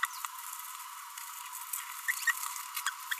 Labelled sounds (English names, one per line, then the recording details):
Green-rumped Parrotlet babbling
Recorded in a nest box in Venezuela
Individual 18B25A4